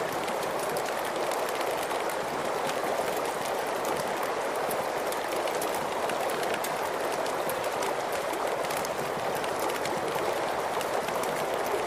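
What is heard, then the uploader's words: A steady, dense hiss of rushing water fills the whole stretch, even and unchanging in level, centered in the middle and upper range with little low rumble. Faint quick ticks and pops are scattered through it, like a small fire crackling underneath. Let's Go Camping! Sleep to Water Sounds White Noise + Crackling Campfire.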